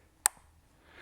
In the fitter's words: So when you put this in, once you hear that click,